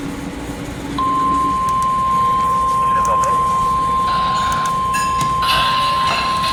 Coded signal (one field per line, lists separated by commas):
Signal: Emergency Alert System (SAME) tones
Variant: 1050 Hz attention tone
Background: speech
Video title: PURE MAYHEM 5... | EAS Alerts from 8/2-3/24 | EAS#1,060 - 1,132